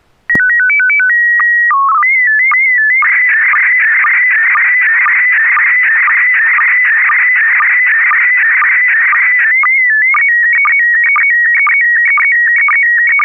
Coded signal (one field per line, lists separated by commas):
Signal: SSTV (slow-scan television)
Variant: PD 120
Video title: N6NA SSTV Net - 04/05/2023